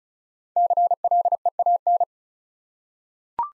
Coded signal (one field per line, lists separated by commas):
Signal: Morse code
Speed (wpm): 36 wpm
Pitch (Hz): 700 Hz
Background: none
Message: CLEAN